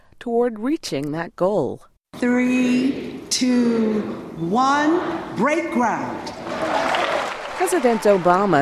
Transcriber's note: sound from groundbreaking ceremony